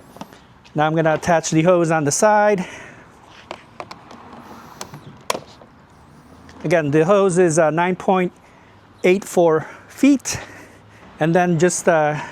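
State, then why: Seated. A 9.84-foot hose is attached to the quick coupling on the side of a Fanttik NB10 Fold cordless pressure washer body while someone talks. Several small knocks and taps are heard between the talk, and the hose seats with a sharp latch click at 5.3 s.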